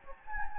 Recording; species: mosquito wingbeat signal from an infrared sensor; Anopheles gambiae